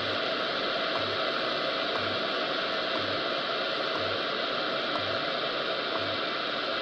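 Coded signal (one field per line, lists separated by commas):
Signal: radio time signal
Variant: WWV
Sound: loud hiss with faint short ticks once per second, seven over the clip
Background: radio static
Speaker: listening to wwe25 megahertz or 25 000 kilohertz using only the telescopic antenna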